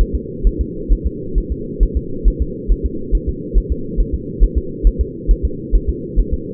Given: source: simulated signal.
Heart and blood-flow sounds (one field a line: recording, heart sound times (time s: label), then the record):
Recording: fetal heart sounds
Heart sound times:
0.01 s: S1
0.15 s: S2
0.47 s: S1
0.61 s: S2
0.92 s: S1
1.07 s: S2
1.38 s: S1
1.52 s: S2
1.83 s: S1
1.97 s: S2
2.28 s: S1
2.42 s: S2
2.72 s: S1
2.86 s: S2
3.15 s: S1
3.29 s: S2
3.58 s: S1
3.72 s: S2
4.00 s: S1
4.15 s: S2
4.44 s: S1
4.58 s: S2
4.87 s: S1
5.01 s: S2
5.31 s: S1
5.45 s: S2
5.75 s: S1
5.90 s: S2
6.19 s: S1
6.34 s: S2
From the record:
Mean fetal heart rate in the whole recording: 135 bpm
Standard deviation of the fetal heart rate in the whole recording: 3 bpm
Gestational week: 36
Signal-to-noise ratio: -4.3 dB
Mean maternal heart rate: 72 bpm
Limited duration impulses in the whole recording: absent